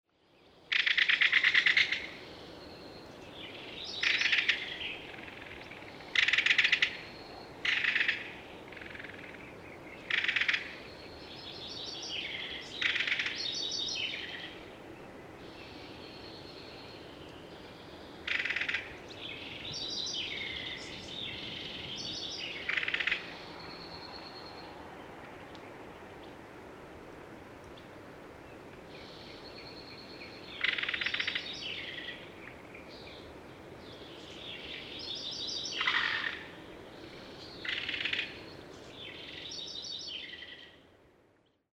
Belted Kingfisher rattle call recorded at the Beaver Ponds in Rocky Mountain National Park.